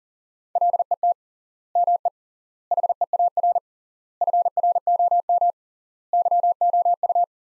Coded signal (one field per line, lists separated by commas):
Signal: Morse code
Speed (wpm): 40 wpm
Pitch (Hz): 700 Hz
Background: none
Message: LET ME HEAR FROM YOU